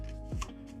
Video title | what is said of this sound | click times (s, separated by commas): Unboxing the DJI Avata - A First Look at the Future of Drones | like this will pop okay so there's the click and then you pull comes right out a little bit easier that time around | 0.4 s